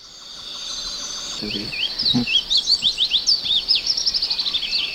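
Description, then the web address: Black-lored yellowthroat song, a rapid chattering run of high slurred notes over a constant high hum. Recorded in Ecuador. "Birds of Ecuador Black-lored Yellowthroat"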